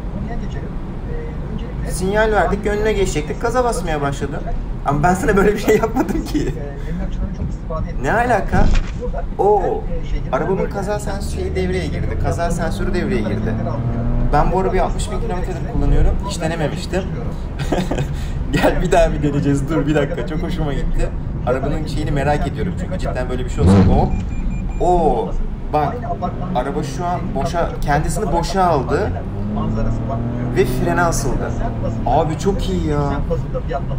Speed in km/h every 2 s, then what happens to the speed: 64, 59, 48, 45, 33, 42, 56, 64, 66, 65, 69, 64, 46, 44, 53, 65, 78.
0-8 brakes to 33. 9-19 speeds up to 69. 19-26 slows to 44. 26-34 speeds up to 78.